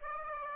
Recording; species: mosquito wingbeat signal from an infrared sensor; Aedes aegypti